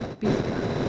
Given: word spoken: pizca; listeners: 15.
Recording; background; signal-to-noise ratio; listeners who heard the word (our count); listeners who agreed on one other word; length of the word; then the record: one Spanish word in noise, from a listening test; noise modulated by three-talker babble; -7.0 dB; 6 of 15; 7 of 15; 0.49 s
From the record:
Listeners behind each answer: 7, 6, 1, 1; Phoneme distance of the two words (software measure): 20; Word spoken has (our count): 2 syllables, 5 phonemes, stress on syllable 1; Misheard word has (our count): 2 syllables, 5 phonemes, stress on syllable 1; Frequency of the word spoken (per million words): 7.40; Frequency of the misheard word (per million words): 37.91